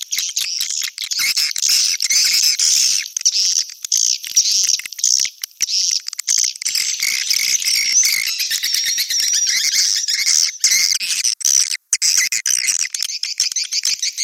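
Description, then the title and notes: Swiftlet chirping as a long, dense chorus of high twitters, continuous with a couple of short dropouts. Swiftlet sound associated with swiftlet farming in Asia. "Swiflet Bird Sound. Farming Swiflet Bird asia sound"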